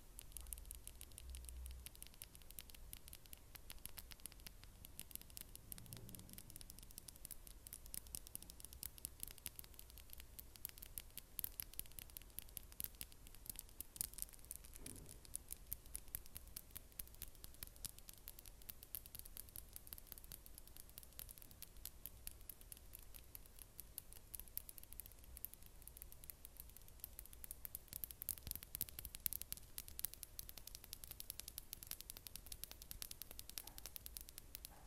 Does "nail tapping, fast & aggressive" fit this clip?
yes